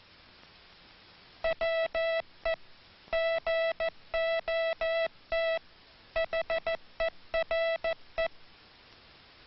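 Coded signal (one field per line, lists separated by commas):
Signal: Morse code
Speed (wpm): 14 wpm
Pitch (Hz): 660 Hz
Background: music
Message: WE GOT HERE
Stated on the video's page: Morse code hand sending on a hand key; Army Signal Corps training film on rhythmic sending technique.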